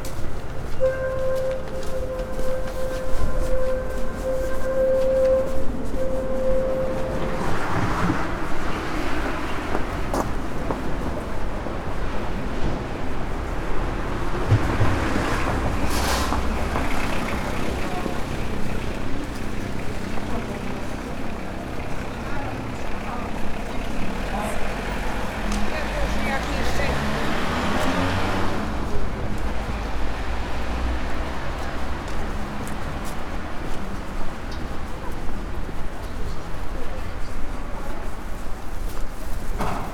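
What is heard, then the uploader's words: A walk through a busy downtown street, with a constant dense wash of traffic and city noise. A steady high-pitched tone sounds for the first seven seconds, and vehicles swell past around 8, 16 and 28 seconds, with faint voices mixed into the background. Walking Through Downtown Ambience.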